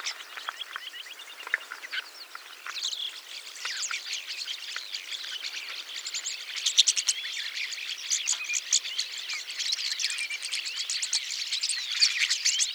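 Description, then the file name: Rosy starling song beginning sparse with a few clicks, then building into fast, continuous grating chatter mixed with thin squeaky notes. "jalak mawar"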